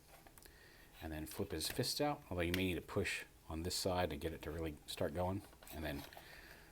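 Someone talks while handling the plastic fist of a Transformers Studio Series 86 Leader Grimlock transforming toy robot, flipping it out of its forearm, with faint small handling taps near 0.3–0.5 s. The fist has not yet clicked or locked into place in the forearm by the end of the clip.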